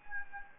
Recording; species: mosquito wingbeat signal from an infrared sensor; Anopheles gambiae